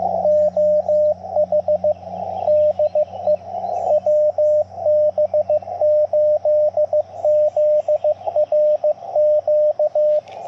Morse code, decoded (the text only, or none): OH DE WB8ZRQ